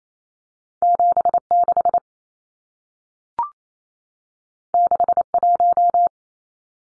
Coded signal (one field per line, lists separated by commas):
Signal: Morse code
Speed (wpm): 28 wpm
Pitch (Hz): 700 Hz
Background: none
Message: 76 61